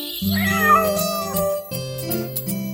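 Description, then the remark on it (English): A kitten gives a drawn-out, whiny meow, then a second cry after a brief dip, set against steady musical tones. “Look at the naughty kitten!”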